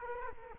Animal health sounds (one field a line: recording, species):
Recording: mosquito wingbeat signal from an infrared sensor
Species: Culex quinquefasciatus